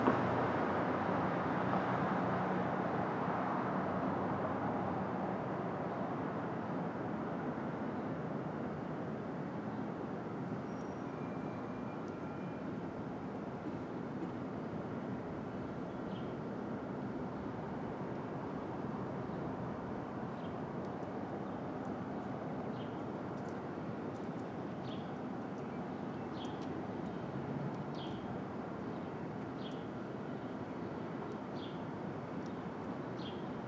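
Street traffic at dawn in the open air, a steady wash of engine and tire rumble that is loudest in the first few seconds and then settles slightly. From about fifteen seconds on, short high chirps of birds repeat every second or two above the roar.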